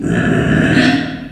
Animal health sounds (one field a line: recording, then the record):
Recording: squeal of a Yucatan mini pig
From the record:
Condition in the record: after surgery on the right vocal fold (resection and tissue-engineered implant)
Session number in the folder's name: 4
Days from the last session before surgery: 26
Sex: female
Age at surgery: 19 weeks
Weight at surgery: 25 kg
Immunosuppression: prednisolone